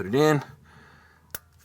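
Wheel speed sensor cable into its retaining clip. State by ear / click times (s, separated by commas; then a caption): seated / 1.3 s. On a 2011 Toyota Tundra during a wheel unit bearing replacement, the wheel speed sensor cable is pressed into its next retaining clip. Someone talks briefly, then a single sharp click comes at 1.4 s as the cable seats in the clip.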